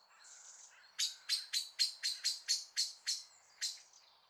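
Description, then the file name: Common blackbird calls, a faint thin note followed by about ten loud, sharp chink notes in a rapid series. "Turdus merula"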